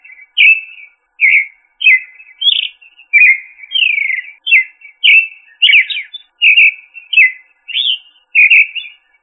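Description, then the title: Thrush song: a steady run of short whistled and slurred phrases, each rising or falling, in a quiet background with no other sounds. "Familia Turdidae - Sabia"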